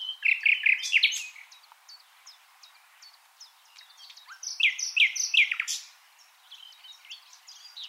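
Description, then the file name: Common nightingale song in two loud bursts of rich, varied notes separated by a pause filled with softer high notes. "Luscinia megarhynchos"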